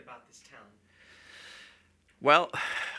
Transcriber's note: he sighs